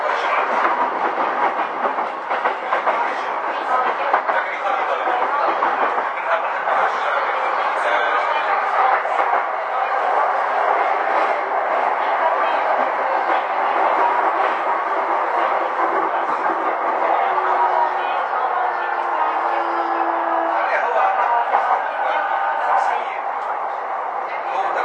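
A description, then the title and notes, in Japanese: Running sound of a Saikyō Line train: a steady, dense rumble and rattle holding at an even loudness for the whole stretch, with rapid fluttering clatter throughout. Around 17 to 21 seconds a low whining tone rises and falls beneath it, and faint voices come through. JRE233系 武蔵浦和〜新宿。埼京線の走行音です。ICレコーダーで録音しました。編成は10両編成。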